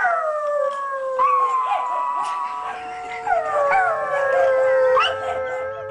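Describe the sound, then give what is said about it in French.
A growing pack of dogs chasing a running man howls together, several long wavering tones overlapping and sliding in pitch, with a few short yelps and barks cutting in. Steady and fairly loud throughout, with no talking. “Et qui pisait, plus nous allons, plus cette meute à ma poursuite s'accroît derrière mes talons.”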